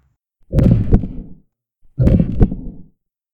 Heart Beating.